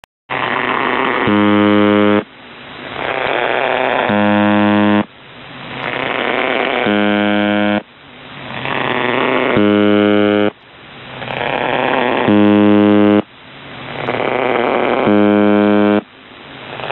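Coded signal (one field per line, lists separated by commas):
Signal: channel marker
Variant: UVB-76 (The Buzzer)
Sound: harsh low buzz about one second long, repeating six times between bursts of static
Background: radio static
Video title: UVB 76 4625 KHZ 170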